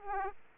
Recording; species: mosquito wingbeat signal from an infrared sensor; Aedes aegypti